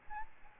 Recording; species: mosquito wingbeat signal from an infrared sensor; Aedes albopictus